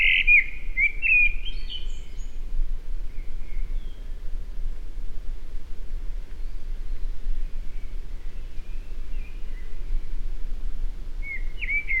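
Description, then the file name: Eurasian blackbird gives a short mellow warble at the start, then faint soft notes and a final brief phrase, against low background noise. "Turdus merula"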